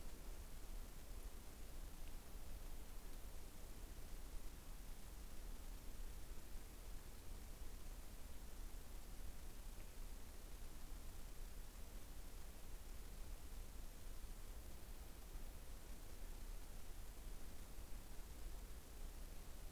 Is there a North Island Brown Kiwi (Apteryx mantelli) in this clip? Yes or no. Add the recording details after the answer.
no. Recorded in New Zealand on 21 November 2014. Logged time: 01:28. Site CL78